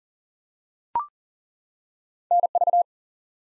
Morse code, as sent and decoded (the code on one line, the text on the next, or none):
-. ...-
NV